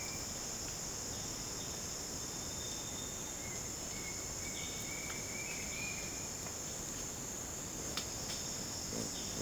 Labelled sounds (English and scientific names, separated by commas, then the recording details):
none
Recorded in dense forest near Puerto Asís, Putumayo, Colombia, on 8 March 2025 at 08:30
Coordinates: 0.486, -76.317
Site G053